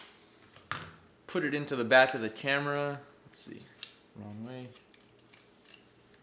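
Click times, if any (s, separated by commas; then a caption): 6.1 s. A microSD card is pushed into the slot on the back of a drone's camera, first tried the wrong way and then turned around, while someone talks. After a few faint handling ticks, the card latches with a small click at 6.1 s, showing it is seated.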